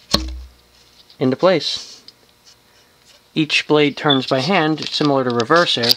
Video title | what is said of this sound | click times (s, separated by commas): Hunter/Robbins & Myers Original Adaptair 36" Ceiling Fan (c. 1981) | it clicks into place | 0.1 s